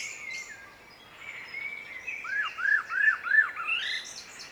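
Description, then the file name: Common blackbird giving a run of four looping, arched whistles in quick succession, over background hiss. "Turdus merula"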